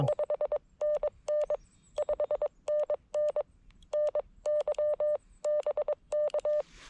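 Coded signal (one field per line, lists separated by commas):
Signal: Morse code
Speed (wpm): 21 wpm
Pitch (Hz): 600 Hz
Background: none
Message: 5NN 5NN NYBK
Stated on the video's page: CW parks on the air activation at K-5221 Oakley Corners state forest, using FX-4CR radio and Wolf River Coils 17' whip; slow, with QRM.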